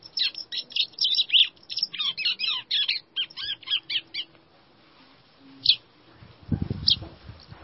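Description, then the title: White-throated seedeater singing a rapid burst of high, jumbled chirps and trills for about four seconds, then a pause with two isolated sharp notes and a low rumble. "Canto Do Golinha"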